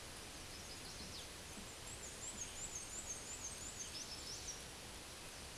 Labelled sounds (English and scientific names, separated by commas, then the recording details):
Black-and-white Warbler (Mniotilta varia) song
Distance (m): 40 m
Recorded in a Pennsylvania forest on 18 May 2023 at 13:28
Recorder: AudioMoth, point grid1_29_low
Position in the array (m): 31 m, 55 m